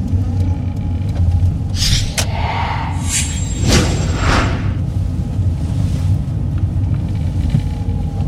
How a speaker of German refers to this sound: Ich fahre schon schneller als erlaubt, aber bei dem Verkehr geht's nur mit Blaulicht schneller.